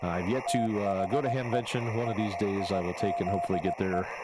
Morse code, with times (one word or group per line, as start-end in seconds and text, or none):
0.5-1.6 THE
2.1-4.0 SIZE